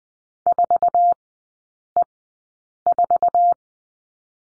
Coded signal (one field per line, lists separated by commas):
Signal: Morse code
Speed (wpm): 20 wpm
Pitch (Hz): 700 Hz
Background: none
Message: 4E4